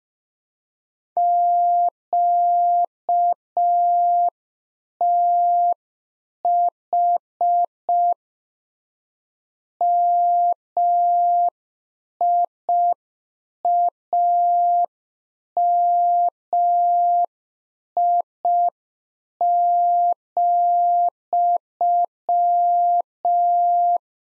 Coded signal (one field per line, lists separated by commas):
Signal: Morse code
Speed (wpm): 5 wpm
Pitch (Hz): 700 Hz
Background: none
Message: QTH MIAMI,